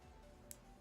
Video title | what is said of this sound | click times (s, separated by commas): First Handcam Stream, Lets build HG GQuuuuuuX! | until we hear a nice snap like this. | 0.5 s